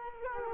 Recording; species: mosquito wingbeat signal from an infrared sensor; Culex quinquefasciatus